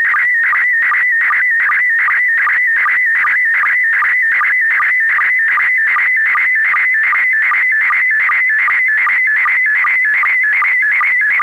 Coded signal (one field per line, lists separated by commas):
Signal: SSTV (slow-scan television)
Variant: PD 50